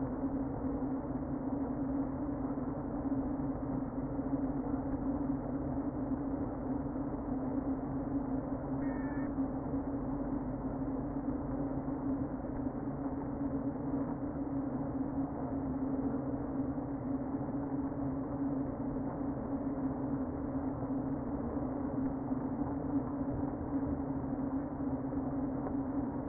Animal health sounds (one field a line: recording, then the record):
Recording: honeybee colony, microphone inside the hive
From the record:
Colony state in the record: queen present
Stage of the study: before two queens were removed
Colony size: about 60,000 bees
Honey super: yes